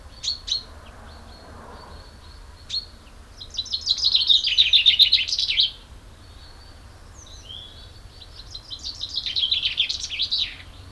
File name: Fringilla coelebs